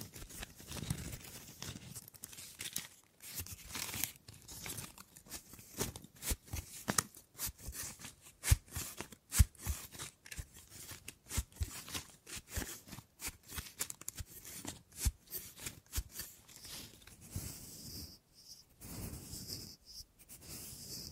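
Wooden triggers: a busy run of sharp taps, scrapes and knocks on wood, coming in irregular bursts several times a second. Softer rubbing and crinkling fills the gaps, and near the end a thin high tone appears briefly under the clicks.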